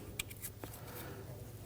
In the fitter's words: Press it in. You should feel and hear it click into place.